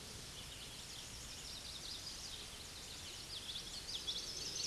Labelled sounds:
Common Yellowthroat song
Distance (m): 25 m
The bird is about 5 m above the microphone
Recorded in a Pennsylvania forest on 16 May 2024 at 09:38
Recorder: AudioMoth, point MSD-2429
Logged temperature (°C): 16.7 °C
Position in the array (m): 90 m, 93 m

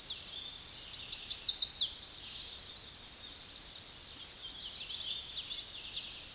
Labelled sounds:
Chestnut-sided Warbler song
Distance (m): 25 m
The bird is about 10 m above the microphone
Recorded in a Pennsylvania forest on 16 May 2024 at 08:31
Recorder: AudioMoth, point MSD-2417
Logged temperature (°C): 16.4 °C
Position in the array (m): 88 m, 62 m

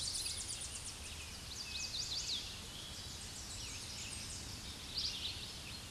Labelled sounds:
Chestnut-sided Warbler song
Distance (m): 60 m
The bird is about level with the microphone
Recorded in a Pennsylvania forest on 16 May 2024 at 07:40
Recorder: AudioMoth, point MSD-1893
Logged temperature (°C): 16.6 °C
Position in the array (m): 21 m, 17 m

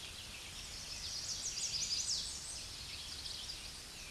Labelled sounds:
Chestnut-sided Warbler song
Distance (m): 25 m
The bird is about 5 m above the microphone
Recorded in a Pennsylvania forest on 16 May 2024 at 07:55
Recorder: AudioMoth, point MSD-0526
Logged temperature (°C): 16.6 °C
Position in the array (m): 81 m, 221 m

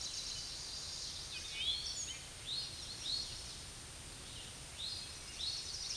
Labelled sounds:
Eastern Towhee song
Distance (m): 40 m
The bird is about level with the microphone
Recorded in a Pennsylvania forest on 16 May 2024 at 07:17
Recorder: AudioMoth, point MSD-2304
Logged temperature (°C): 16.0 °C
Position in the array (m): 247 m, 167 m

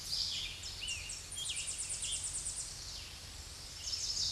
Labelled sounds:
Tennessee Warbler song
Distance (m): 40 m
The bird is about 5 m above the microphone
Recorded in a Pennsylvania forest on 16 May 2024 at 07:35
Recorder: AudioMoth, point MSD-0788
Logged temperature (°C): 16.6 °C
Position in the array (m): 63 m, 50 m

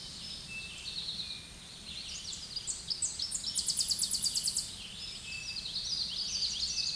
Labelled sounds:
Tennessee Warbler song
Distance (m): 20 m
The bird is about level with the microphone
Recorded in a Pennsylvania forest on 16 May 2024 at 07:45
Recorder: AudioMoth, point MSD-2417
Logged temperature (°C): 16.4 °C
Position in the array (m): 82 m, 73 m

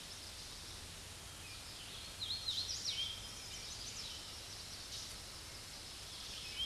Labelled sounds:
Hooded Warbler song
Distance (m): 60 m
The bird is about 20 m above the microphone
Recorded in a Pennsylvania forest on 16 May 2024 at 07:07
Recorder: AudioMoth, point MSD-2164
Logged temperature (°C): 15.8 °C
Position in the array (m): 149 m, 117 m

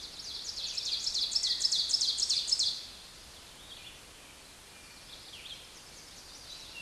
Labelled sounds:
Ovenbird song
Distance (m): 15 m
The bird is about level with the microphone
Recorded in a Pennsylvania forest on 16 May 2024 at 06:27
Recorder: AudioMoth, point MSD-2287
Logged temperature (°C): 11.2 °C
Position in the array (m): 135 m, 5 m

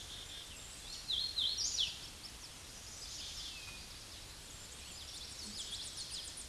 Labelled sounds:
Hooded Warbler song
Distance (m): 25 m
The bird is about 15 m above the microphone
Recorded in a Pennsylvania forest on 16 May 2024 at 08:29
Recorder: AudioMoth, point MSD-2429
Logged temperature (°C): 16.7 °C
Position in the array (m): 121 m, 75 m

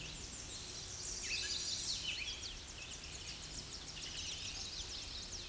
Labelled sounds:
Tennessee Warbler song
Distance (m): 70 m
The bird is about 25 m above the microphone
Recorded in a Pennsylvania forest on 16 May 2024 at 07:44
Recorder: AudioMoth, point MSD-0383
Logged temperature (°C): 15.3 °C
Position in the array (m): 138 m, 248 m

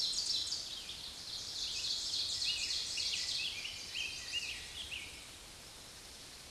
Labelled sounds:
Ovenbird song
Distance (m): 35 m
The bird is about 5 m above the microphone
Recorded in a Pennsylvania forest on 16 May 2024 at 06:57
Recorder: AudioMoth, point MSD-1539
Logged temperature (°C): 16.0 °C
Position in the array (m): 137 m, 9 m

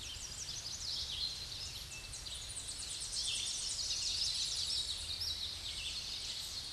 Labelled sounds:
Common Yellowthroat song
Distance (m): 50 m
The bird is about 15 m above the microphone
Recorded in a Pennsylvania forest on 16 May 2024 at 07:21
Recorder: AudioMoth, point MSD-0661
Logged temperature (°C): 15.8 °C
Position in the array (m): 27 m, 148 m

